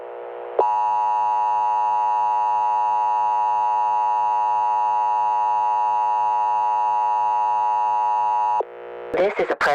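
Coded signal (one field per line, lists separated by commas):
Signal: Emergency Alert System (SAME) tones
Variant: 853 and 960 Hz attention tone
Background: speech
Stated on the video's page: Fictional EAS scenario.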